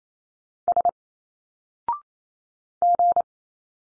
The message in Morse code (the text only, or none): S G